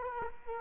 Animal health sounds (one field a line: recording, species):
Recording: mosquito wingbeat signal from an infrared sensor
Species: Culex quinquefasciatus